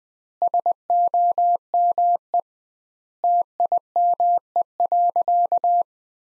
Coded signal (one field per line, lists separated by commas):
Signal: Morse code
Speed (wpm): 20 wpm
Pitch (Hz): 700 Hz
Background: none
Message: SOME TIME.